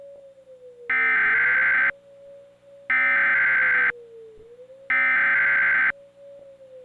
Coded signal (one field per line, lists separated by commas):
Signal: Emergency Alert System (SAME) tones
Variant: header bursts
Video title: EAS Mock #39: A Triple Dose of Disaster.